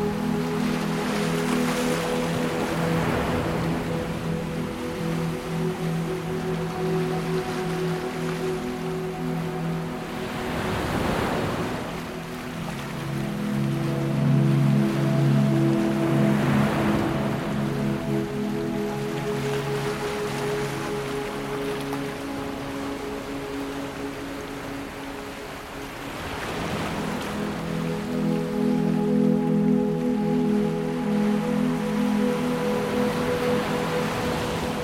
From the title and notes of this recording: The 40hz gamma binaural waves in this soothing ambient music has been blended with ocean waves. Music with Ocean Waves.